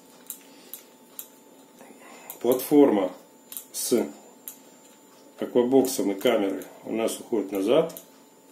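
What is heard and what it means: The camera platform of a handheld mechanical stabilizer, carrying a 4K action camera in its waterproof housing, is swung back toward its detent position while someone talks. Short, sharp handling ticks sound at about 0.3, 0.7, 1.2, 2.3 and 4.5 seconds. The platform has not yet clicked into place.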